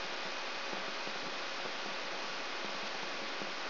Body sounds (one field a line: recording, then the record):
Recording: brain microelectrode recording played as sound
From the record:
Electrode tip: outside the subthalamic nucleus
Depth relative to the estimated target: -8 mm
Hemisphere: left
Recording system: AlphaMap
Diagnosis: Parkinson's disease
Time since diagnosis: 23 years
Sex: male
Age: 65 years